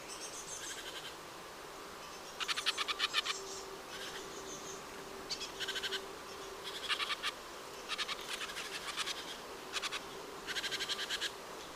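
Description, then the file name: Great tit calls: short buzzy bursts of rapid notes repeated every couple of seconds over steady background noise and a low hum. "Parus major"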